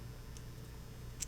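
A plastic lens blinder is pushed into the housing of a white Bosch DS150i electric motion sensor over a steady low hum. A faint tick at 0.4 s comes before a sharp, bright click at 1.2 s as the blinder snaps into place and seats.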